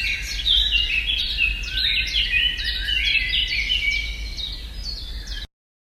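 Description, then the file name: Eurasian blackcap warbling, a busy stream of bright chattering and whistled notes, with a faint low rumble beneath. Recorded at Selborne. "blackcap freesound"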